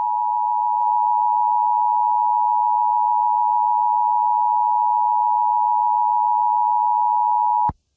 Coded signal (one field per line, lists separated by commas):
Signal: Emergency Alert System (SAME) tones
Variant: 853 and 960 Hz attention tone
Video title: EAS Scenario #8: Total Blackout